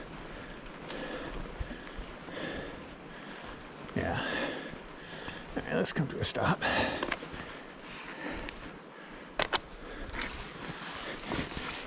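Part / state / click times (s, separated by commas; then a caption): shoe cleat in clipless bicycle pedal / released / 9.4 s. A cyclist comes to a stop and twists a bicycle shoe cleat out of a clipless pedal's retention mechanism, releasing the shoe. Someone talks over outdoor background noise, and the sharp click of the cleat releasing comes at 9.4 seconds.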